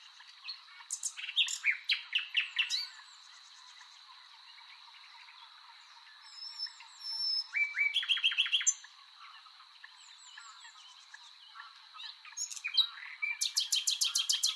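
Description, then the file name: Common nightingale song: varied phrases of rapid repeated notes and short whistles, separated by pauses, over a constant high background tone. "Luscinia megarhynchos"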